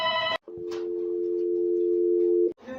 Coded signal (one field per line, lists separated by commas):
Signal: telephone call progress tone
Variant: North America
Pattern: dial tone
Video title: Eas alarm animated s2: all together!